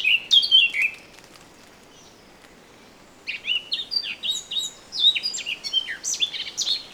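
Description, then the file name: Eurasian blackcap starting with a bright whistled flourish, falling silent for about two seconds, then resuming with a busy run of varied chirping notes. "Sylvia atricapilla"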